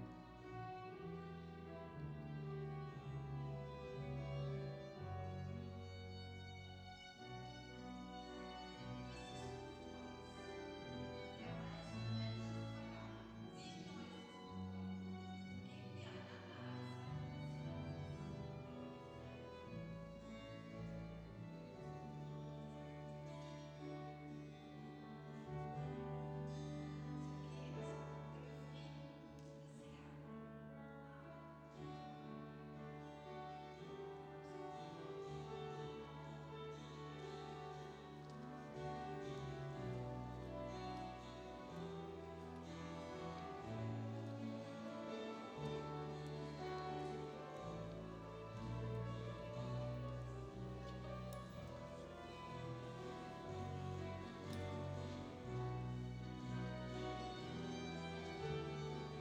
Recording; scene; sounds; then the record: everyday scene through a hearing-aid microphone; reverberant space; music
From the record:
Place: church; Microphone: in the ear canal, left